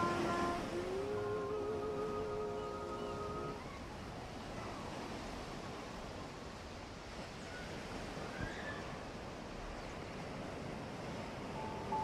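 Ocean waves make a steady, dense wash of surf that runs through the whole clip. For the first three and a half seconds, a sustained droning tone with a slight waver sits on top of it. Later, faint short bird calls appear around eight seconds and near the end.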